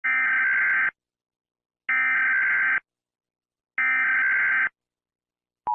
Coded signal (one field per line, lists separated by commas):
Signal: Emergency Alert System (SAME) tones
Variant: header bursts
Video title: EAS Scenario: USA Nuclear Attack